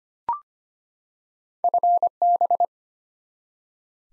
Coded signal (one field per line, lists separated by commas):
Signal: Morse code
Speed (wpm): 25 wpm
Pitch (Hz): 700 Hz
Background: none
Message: FB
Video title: Top 20 QSO Elements 25wpm